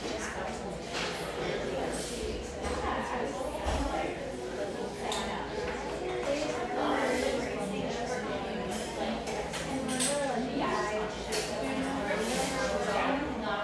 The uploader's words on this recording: Enjoy a sleepy start in this humming café, settled near the beach just north of San Diego.